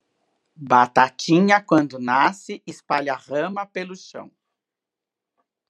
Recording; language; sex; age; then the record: short text; Brazilian Portuguese; female; 60 to 69 years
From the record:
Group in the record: control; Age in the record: 63 years